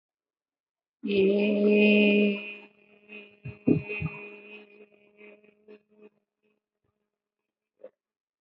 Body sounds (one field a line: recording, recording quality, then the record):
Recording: sustained vowel as in made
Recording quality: moderate, slight background noise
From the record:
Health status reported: healthy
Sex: female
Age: 56 years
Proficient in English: yes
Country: India